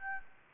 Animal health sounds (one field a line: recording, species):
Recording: mosquito wingbeat signal from an infrared sensor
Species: Aedes albopictus